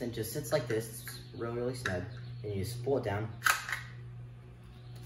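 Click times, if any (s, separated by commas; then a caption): 3.7 s. Someone talks while a folding bow's PVC pipe limb, mounted on a small door hinge, is pulled down from its folded position. A single sharp click at 3.7 s marks the limb locking open into place.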